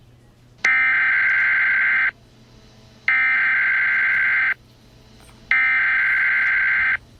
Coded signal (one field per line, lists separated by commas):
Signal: Emergency Alert System (SAME) tones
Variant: header bursts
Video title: Creature From The Krusty Krab EAS Scenario